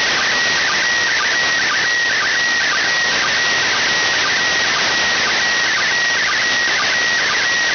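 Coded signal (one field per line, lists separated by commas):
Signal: SSTV (slow-scan television)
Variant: PD120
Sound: steady whistling tone under heavy hiss, dipping briefly about twice per second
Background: heavy radio static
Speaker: this one, so use Apollo Soyuse 50th anniversary.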